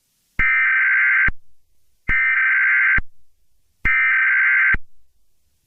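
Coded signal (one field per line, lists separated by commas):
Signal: Emergency Alert System (SAME) tones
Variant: header bursts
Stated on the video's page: Real EAS broadcast interrupting a commercial break.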